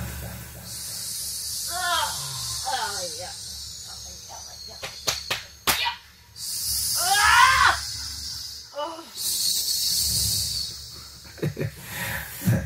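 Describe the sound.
During a ruqya (Islamic exorcism) session, a person makes long, breathy hissing and whistling sounds in imitation of a snake, broken by sharp sibilant bursts and short strained vocal cries, with brief pauses between the hisses.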